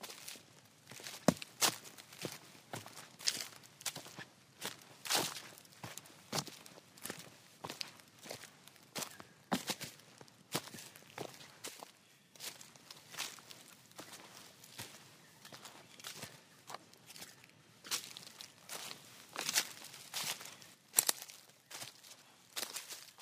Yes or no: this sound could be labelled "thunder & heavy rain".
no